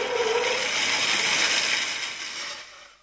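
An electric saw, switched on by Meister Eder as he goes back to work, whirs steadily with a harsh, buzzing motor noise and a brief humming tone at the start, then winds down and fades away over the last half second.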